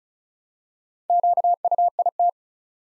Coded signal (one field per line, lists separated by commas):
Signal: Morse code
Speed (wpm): 36 wpm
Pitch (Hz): 700 Hz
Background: none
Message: QUIT